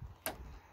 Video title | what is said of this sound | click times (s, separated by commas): Toyota Sienna Liftgate Struts/Shocks Hatch Lift Support Replacement & Installation | and then you push it in, and that's it. It's locked. Same thing up here. | 0.3 s